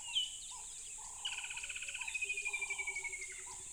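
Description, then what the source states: Crickets trill steadily at high pitch while a bird delivers a fast, falling series of repeated notes; low droning calls and a soft pulsed rattle continue beneath. Tropical river habitat.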